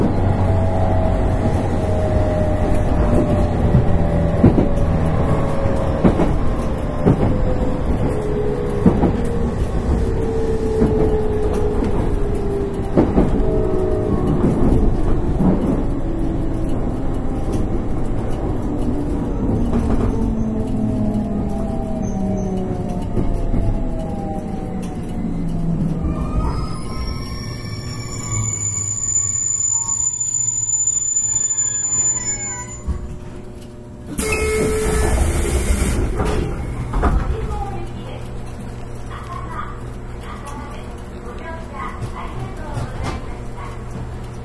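Running sound of a 813-series electric train on a rapid service, with a low rumble and a falling motor whine as the train slows over the first half. Around 27 seconds a high steady tone and chime-like sounds appear, then a sharp burst near 34 seconds before a quieter steady hum.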